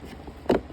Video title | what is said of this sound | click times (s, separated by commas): 2010 Chrysler Town & Country Dash Removal and Evaporator Replacement | line on it that only lets it go on a particular direction so it goes like this snaps | 0.5 s